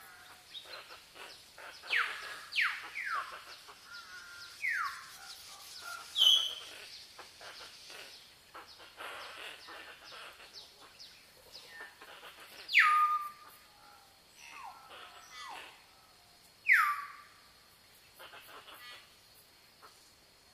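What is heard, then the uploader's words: Forest sound full of birdsong, with many quick chirps and ticking calls overlapping throughout. Louder calls that swoop downward ring out every few seconds, strongest near 2, 13 and 17 seconds, over a thin, steady high whine in the background. Sound in the forest.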